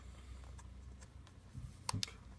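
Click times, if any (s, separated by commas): 1.9 s, 2.0 s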